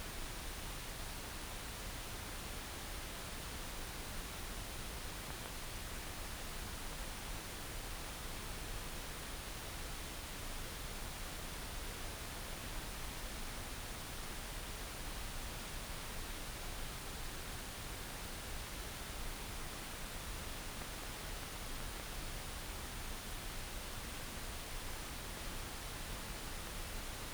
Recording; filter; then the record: brain microelectrode recording played as sound; wide band, above 20 Hz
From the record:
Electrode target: subthalamic nucleus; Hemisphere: right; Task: reaching with the left hand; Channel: 1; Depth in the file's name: 5.102 mm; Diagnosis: Parkinson's disease